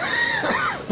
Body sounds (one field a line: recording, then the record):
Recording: coughing mixed with background sound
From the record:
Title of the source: Spring Allergy Coughing